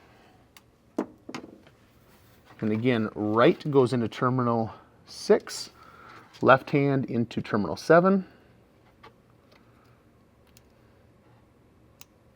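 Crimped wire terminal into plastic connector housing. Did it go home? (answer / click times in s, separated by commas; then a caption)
yes / 12.0 s. Someone talks while installing a RAVEK Speakeasy turn signal kit, pushing crimped wire terminals into positions 6 and 7 of a plastic connector housing, right wire into terminal 6 and left into terminal 7, with a few faint ticks in the quiet afterward. A sharp little click at 12.0 s marks a terminal seating in the housing.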